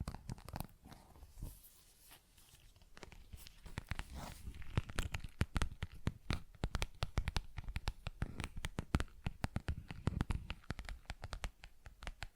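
Quick taps and scratchy strokes in an ASMR session, arriving as dense clusters of sharp, crisp clicks that carry up into the bright range. A quieter, softer stretch around two to four seconds gives way to busier, louder tapping that continues steadily to the end.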